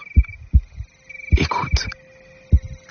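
Soft, deep thuds come in lub-dub pairs over a faint steady hum and a brief rustle. The pattern is a normal beating heart.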